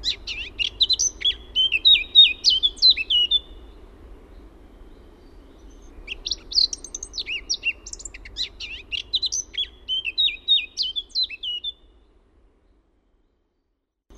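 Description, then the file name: Eurasian blackcap song, two strophes a few seconds apart, each a chattering warble ending in a run of fluty whistled notes, then quiet. "MUSTAPAAKERTTU"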